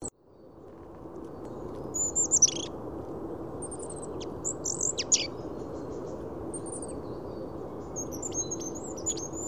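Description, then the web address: Goldcrest song fragments: scattered very high, thin, squeaky phrases with a few clicks, over constant low rumbling noise. "birdify Regulus regulus"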